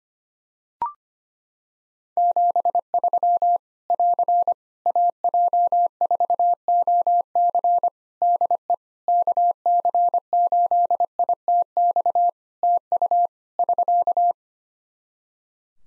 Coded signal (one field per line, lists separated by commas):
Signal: Morse code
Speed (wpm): 25 wpm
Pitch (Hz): 700 Hz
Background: none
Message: 73 <AR> AJ4OC DE KC8ITX TU <SK>